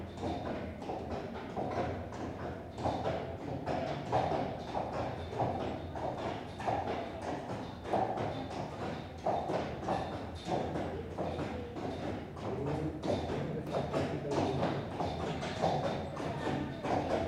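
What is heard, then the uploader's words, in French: Footsteps of someone walking along a greenway through an old railway tunnel, a steady, regular tread of about two steps per second. Each step lands as a dull thump with a hollow, echoing ring, over a constant low rumble that fills the space throughout. Je marche sur la voie verte, près de Bédarieux dans l'Hérault. Elle passe dans un ancien tunnel de chemin de fer. Prise de son : Olivier Noack.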